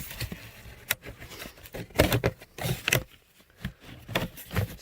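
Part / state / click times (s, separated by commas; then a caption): corrugated drain pipe section into a pipe coupling / seated / 0.9 s, 2.9 s. A plastic corrugated drain pipe section is pushed onto a plastic coupling, with rustling and scraping between several sharp plastic hits. It snaps in place with the sharpest clicks at 0.9 s and 2.9 s, and the piece is seated on the coupling.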